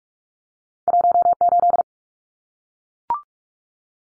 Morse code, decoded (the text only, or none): 18